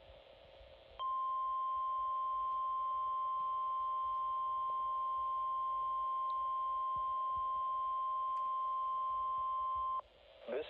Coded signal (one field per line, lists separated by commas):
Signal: Emergency Alert System (SAME) tones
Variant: 1050 Hz attention tone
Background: speech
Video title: SHORT AND SWEET... EAS Tests from May 2025 (EAS #5,799 - 5,813)